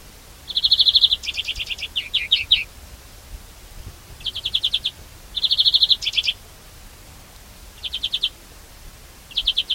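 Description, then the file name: European greenfinch calls: bright rapid trills of chipping notes in several bursts, some followed by quicker twittering notes. "Chloris chloris"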